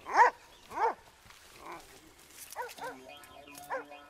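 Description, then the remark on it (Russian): A hunter's dog gives two loud, sharp barks, then a quicker run of softer, higher yelping barks follows over faint background voices. “Идут охотники, у одного из охотников собака, рядом с ним идут Прохор и Селинга.”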